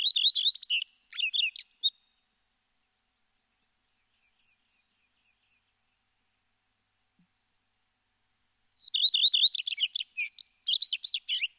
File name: Uccelli\phoenicurus phoenicurus